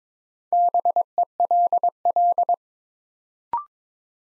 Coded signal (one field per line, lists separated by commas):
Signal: Morse code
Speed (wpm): 22 wpm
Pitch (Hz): 700 Hz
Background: none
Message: BELL